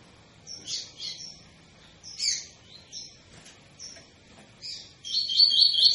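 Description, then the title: Double-collared seedeater giving several short, separate high chips, then breaking into a loud, rapid warbled phrase at the end. Tui-tui song style of a spirited ('fibra') bird, used as a teacher song for training young birds. "COLEIRO TUI TUI FIBRA"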